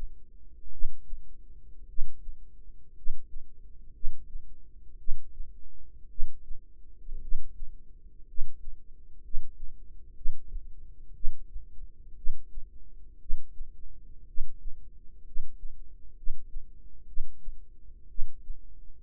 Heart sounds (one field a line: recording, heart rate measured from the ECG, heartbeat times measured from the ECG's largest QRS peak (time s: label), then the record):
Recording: heart sounds by microphone in the right ear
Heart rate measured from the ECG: 59 bpm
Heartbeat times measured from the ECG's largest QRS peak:
0.69 s: heartbeat
1.85 s: heartbeat
2.93 s: heartbeat
3.91 s: heartbeat
4.96 s: heartbeat
6.07 s: heartbeat
7.19 s: heartbeat
8.25 s: heartbeat
9.20 s: heartbeat
10.13 s: heartbeat
11.12 s: heartbeat
12.14 s: heartbeat
13.17 s: heartbeat
14.24 s: heartbeat
15.23 s: heartbeat
16.14 s: heartbeat
17.05 s: heartbeat
18.07 s: heartbeat
From the record:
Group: healthy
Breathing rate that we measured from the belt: 10 breaths a minute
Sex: male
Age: 25 years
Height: 170 cm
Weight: 70.4 kg